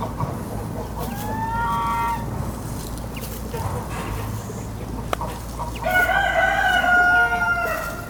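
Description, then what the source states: Rooster crows twice, a shorter crow early and a long loud crow near the end. Rooster beside a stream at Cascina Pasque', Besnate, Italy, recorded 11 December 2018.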